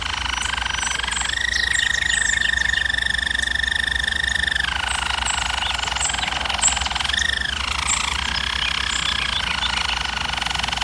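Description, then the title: German Roller canary singing sustained harmonic rolls that jump abruptly between pitches several times, with a constant faint low hum in the background. German Roller canary singing, for canary training. "German Roller Canary Singing - Canary Training Vid"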